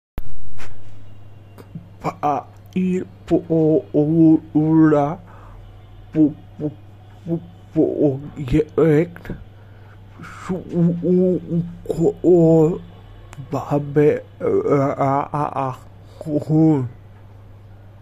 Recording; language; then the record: elicited speech; Bengali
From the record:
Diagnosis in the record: Broca's or global aphasia after a stroke